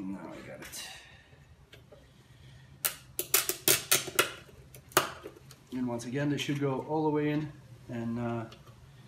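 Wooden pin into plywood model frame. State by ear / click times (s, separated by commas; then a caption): not seated / none. Wooden pins of a Ugears Safe mechanical puzzle kit are being pushed into a plywood model frame, with a series of sharp wooden knocks and taps between about 2.9 and 5.0 seconds while someone talks. The pins are handled but not yet home; nothing has seated or clicked yet.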